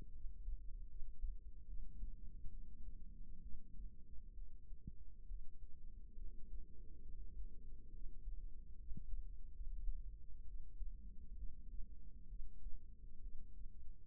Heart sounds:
heart sounds by microphone in the right ear; 69 bpm
0.11 s: heartbeat
0.87 s: heartbeat
1.65 s: heartbeat
2.49 s: heartbeat
3.40 s: heartbeat
4.33 s: heartbeat
5.25 s: heartbeat
6.15 s: heartbeat
7.03 s: heartbeat
7.90 s: heartbeat
8.77 s: heartbeat
9.52 s: heartbeat
10.45 s: heartbeat
11.35 s: heartbeat
12.27 s: heartbeat
13.19 s: heartbeat
From the record:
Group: healthy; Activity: rest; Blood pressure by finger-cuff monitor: 138/70 mmHg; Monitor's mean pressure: 91 mmHg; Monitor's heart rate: 68 bpm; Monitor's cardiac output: 6.1 L/min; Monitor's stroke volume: 84 mL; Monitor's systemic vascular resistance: 1090 dyn s/cm5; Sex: female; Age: 37 years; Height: 168 cm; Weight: 70 kg

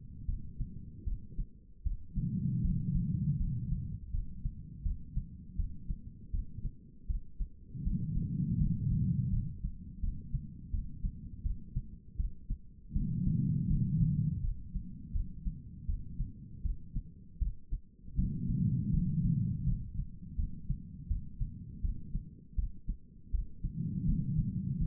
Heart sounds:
heart sounds by stethoscope; 81 bpm
0.26 s: heartbeat
1.05 s: heartbeat
1.84 s: heartbeat
2.62 s: heartbeat
3.38 s: heartbeat
4.11 s: heartbeat
4.83 s: heartbeat
5.57 s: heartbeat
6.31 s: heartbeat
7.07 s: heartbeat
7.84 s: heartbeat
8.58 s: heartbeat
9.30 s: heartbeat
10.01 s: heartbeat
10.71 s: heartbeat
11.43 s: heartbeat
12.17 s: heartbeat
12.93 s: heartbeat
13.68 s: heartbeat
14.41 s: heartbeat
15.13 s: heartbeat
15.87 s: heartbeat
16.63 s: heartbeat
17.39 s: heartbeat
18.16 s: heartbeat
18.91 s: heartbeat
19.65 s: heartbeat
20.36 s: heartbeat
21.08 s: heartbeat
21.82 s: heartbeat
22.56 s: heartbeat
23.31 s: heartbeat
24.06 s: heartbeat
24.79 s: heartbeat
From the record:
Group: healthy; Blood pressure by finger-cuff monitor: 112/73 mmHg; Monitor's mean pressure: 88 mmHg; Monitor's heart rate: 80 bpm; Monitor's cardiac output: 4.9 L/min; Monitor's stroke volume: 61 mL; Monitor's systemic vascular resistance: 1300 dyn s/cm5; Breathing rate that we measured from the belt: 11 breaths a minute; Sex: female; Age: 51 years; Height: 162 cm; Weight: 70.04 kg

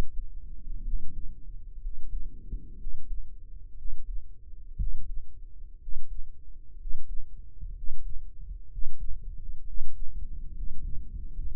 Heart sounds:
heart sounds by microphone in the right ear; 63 bpm
0.82 s: heartbeat
1.79 s: heartbeat
2.75 s: heartbeat
3.74 s: heartbeat
4.75 s: heartbeat
5.77 s: heartbeat
6.76 s: heartbeat
7.72 s: heartbeat
8.67 s: heartbeat
9.63 s: heartbeat
10.51 s: heartbeat
11.30 s: heartbeat
From the record:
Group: healthy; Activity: rest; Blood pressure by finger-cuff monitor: 112/67 mmHg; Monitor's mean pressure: 77 mmHg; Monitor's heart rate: 62 bpm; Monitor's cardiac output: 7.1 L/min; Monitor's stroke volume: 114 mL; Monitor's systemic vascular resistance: 810 dyn s/cm5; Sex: male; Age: 23 years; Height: 178 cm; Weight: 96.6 kg

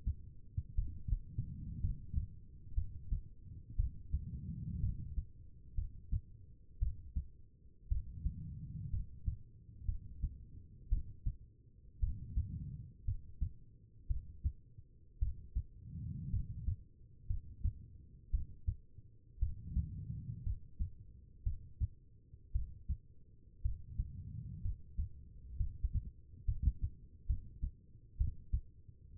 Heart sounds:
heart sounds by stethoscope; 59 bpm
0.75 s: heartbeat
1.81 s: heartbeat
2.74 s: heartbeat
3.76 s: heartbeat
4.80 s: heartbeat
5.75 s: heartbeat
6.79 s: heartbeat
7.89 s: heartbeat
8.90 s: heartbeat
9.86 s: heartbeat
10.89 s: heartbeat
12.00 s: heartbeat
13.05 s: heartbeat
14.07 s: heartbeat
15.19 s: heartbeat
16.30 s: heartbeat
17.27 s: heartbeat
18.31 s: heartbeat
19.39 s: heartbeat
20.43 s: heartbeat
21.43 s: heartbeat
22.52 s: heartbeat
23.62 s: heartbeat
24.62 s: heartbeat
25.57 s: heartbeat
26.45 s: heartbeat
27.27 s: heartbeat
28.18 s: heartbeat
From the record:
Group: healthy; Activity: rest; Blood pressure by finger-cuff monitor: 87/60 mmHg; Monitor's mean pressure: 67 mmHg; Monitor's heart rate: 59 bpm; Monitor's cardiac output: 4.3 L/min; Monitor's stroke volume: 73 mL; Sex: female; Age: 36 years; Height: 163 cm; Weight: 88 kg

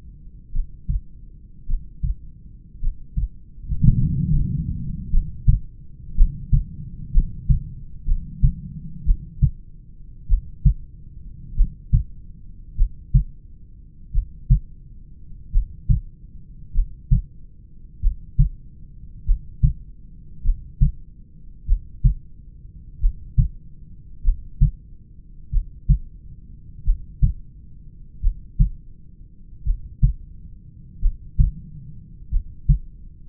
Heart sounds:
heart sounds by stethoscope; 49 bpm
0.55 s: heartbeat
1.70 s: heartbeat
2.83 s: heartbeat
3.99 s: heartbeat
5.14 s: heartbeat
6.19 s: heartbeat
7.16 s: heartbeat
8.09 s: heartbeat
9.08 s: heartbeat
10.32 s: heartbeat
11.59 s: heartbeat
12.80 s: heartbeat
14.16 s: heartbeat
15.55 s: heartbeat
16.77 s: heartbeat
18.05 s: heartbeat
19.29 s: heartbeat
20.47 s: heartbeat
21.70 s: heartbeat
23.04 s: heartbeat
24.27 s: heartbeat
25.55 s: heartbeat
26.88 s: heartbeat
28.25 s: heartbeat
29.68 s: heartbeat
31.04 s: heartbeat
32.34 s: heartbeat
From the record:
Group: heart failure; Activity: Valsalva maneuver 0-8 s, rest 8-33 s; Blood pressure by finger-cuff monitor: 88/61 mmHg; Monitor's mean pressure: 69 mmHg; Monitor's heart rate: 48 bpm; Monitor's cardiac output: 4.1 L/min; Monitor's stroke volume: 84 mL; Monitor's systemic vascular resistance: 1240 dyn s/cm5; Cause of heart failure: familial cardiomyopathy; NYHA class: 1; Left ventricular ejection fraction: 49%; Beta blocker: bisoprolol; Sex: male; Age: 31 years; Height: 194 cm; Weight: 96 kg

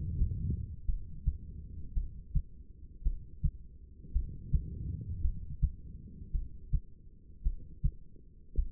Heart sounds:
heart sounds by stethoscope; 55 bpm
0.85 s: heartbeat
1.93 s: heartbeat
3.02 s: heartbeat
4.12 s: heartbeat
5.21 s: heartbeat
6.31 s: heartbeat
7.42 s: heartbeat
8.54 s: heartbeat
From the record:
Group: heart failure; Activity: rest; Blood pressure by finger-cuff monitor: 77/56 mmHg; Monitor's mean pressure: 63 mmHg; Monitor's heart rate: 55 bpm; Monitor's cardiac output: 2.6 L/min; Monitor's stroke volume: 48 mL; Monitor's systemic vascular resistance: 1580 dyn s/cm5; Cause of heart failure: non-ischemic cardiomyopathy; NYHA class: 1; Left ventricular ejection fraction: 52%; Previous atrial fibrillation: present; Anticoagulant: apixaban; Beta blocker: bisoprolol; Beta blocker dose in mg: 10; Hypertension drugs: sacubitril-valsartan, spironolactone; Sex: female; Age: 68 years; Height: 169 cm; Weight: 71 kg

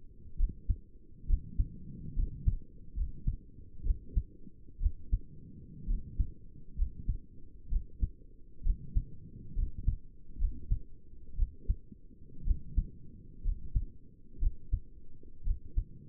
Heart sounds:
heart sounds by stethoscope; 64 bpm
0.39 s: heartbeat
1.28 s: heartbeat
2.17 s: heartbeat
2.97 s: heartbeat
3.85 s: heartbeat
4.81 s: heartbeat
5.89 s: heartbeat
6.78 s: heartbeat
7.71 s: heartbeat
8.65 s: heartbeat
9.57 s: heartbeat
10.40 s: heartbeat
11.38 s: heartbeat
12.46 s: heartbeat
13.45 s: heartbeat
14.41 s: heartbeat
15.45 s: heartbeat
From the record:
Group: healthy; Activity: rest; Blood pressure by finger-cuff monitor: 100/56 mmHg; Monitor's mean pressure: 68 mmHg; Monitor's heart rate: 65 bpm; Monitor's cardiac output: 6.8 L/min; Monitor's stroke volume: 100 mL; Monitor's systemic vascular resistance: 730 dyn s/cm5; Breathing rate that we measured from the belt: 16 breaths a minute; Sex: male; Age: 22 years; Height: 181 cm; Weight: 79 kg

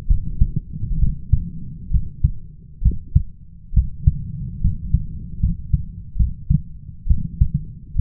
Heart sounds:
heart sounds by stethoscope; 69 bpm
0.07 s: heartbeat
0.99 s: heartbeat
1.91 s: heartbeat
2.82 s: heartbeat
3.73 s: heartbeat
4.61 s: heartbeat
5.40 s: heartbeat
6.16 s: heartbeat
7.07 s: heartbeat
7.95 s: heartbeat
From the record:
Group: healthy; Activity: rest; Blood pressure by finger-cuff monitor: 101/72 mmHg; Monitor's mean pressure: 78 mmHg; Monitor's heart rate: 66 bpm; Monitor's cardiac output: 5.2 L/min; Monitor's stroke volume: 77 mL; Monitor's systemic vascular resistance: 1090 dyn s/cm5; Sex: male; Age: 21 years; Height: 170 cm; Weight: 71 kg

